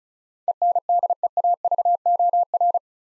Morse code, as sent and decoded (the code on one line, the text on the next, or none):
. -. -.. . .- ...- --- .-.
ENDEAVOR